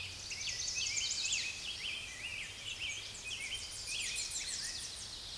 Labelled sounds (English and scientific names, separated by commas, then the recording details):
Chestnut-sided Warbler (Setophaga pensylvanica) song
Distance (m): 15 m
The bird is about level with the microphone
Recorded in a Pennsylvania forest on 16 May 2024 at 07:06
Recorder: AudioMoth, point MSD-2443
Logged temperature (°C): 16.4 °C
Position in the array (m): 159 m, 176 m